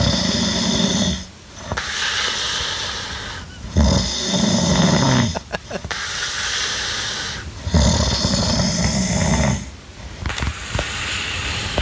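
Loud, harsh, rasping snores in steady cycles, one roughly every two to three seconds, with brief quieter gaps between them. This is heavy snoring in a sleeping adult man, who fell asleep snoring loudly after a small party and drinking session.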